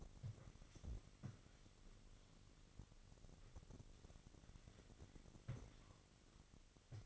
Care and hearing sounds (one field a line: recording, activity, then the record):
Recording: daily activity, microphone in the room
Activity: wipe stove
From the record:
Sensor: 4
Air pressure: 1002.4 hPa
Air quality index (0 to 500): 216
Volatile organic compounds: 12 ppm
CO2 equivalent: 2330 ppm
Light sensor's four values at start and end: 19/66/24/24 and 19/66/24/24